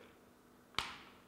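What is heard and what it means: The plastic battery door on the trimmed battery box of a Losi Promoto RC motorcycle, modified to fit an 8000mAh battery with a balance lead, is closed over the battery. After near silence, a single sharp click at 0.8 s is followed by a short, bright ringing decay. The battery door latch clicks shut and is seated.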